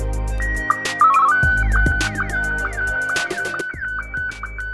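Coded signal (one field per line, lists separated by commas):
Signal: SSTV (slow-scan television)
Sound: steady high tone, brief low blip, rapid warbling code, then shifting tones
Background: background music beats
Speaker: click start in SSTV to send the information and at the same time we can hear the corresponding audio on audio RX.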